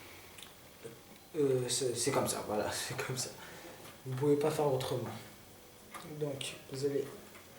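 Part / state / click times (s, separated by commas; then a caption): PCIe power cable plug into graphics card power socket / not seated / none. Someone talks while handling the power supply's PCIe power cable plug before pushing it into the power socket of an MSI GTX 1050 Ti Gaming X graphics card, which must be powered or the computer will not start. Nothing has seated or clicked yet.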